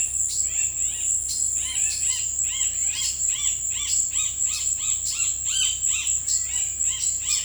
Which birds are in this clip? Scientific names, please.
Rupornis magnirostris, Ramphocelus carbo